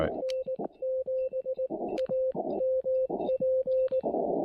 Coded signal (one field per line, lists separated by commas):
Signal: Morse code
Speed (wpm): 17 wpm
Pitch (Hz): 520 Hz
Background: music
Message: N7AMP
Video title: POTA by Lantern Light: CW and SSB with my Elecraft KX3 & a simple Tufetln random wire antenna